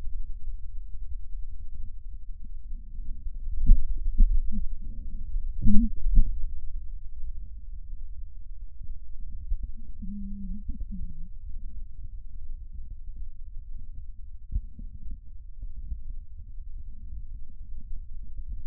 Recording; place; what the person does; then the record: lung sounds by stethoscope; left posterior basal chest; quiet breathing, then cough and speech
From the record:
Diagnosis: interstitial lung disease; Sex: female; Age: 53 years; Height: 168 cm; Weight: 108 kg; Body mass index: 38.3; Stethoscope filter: bell mode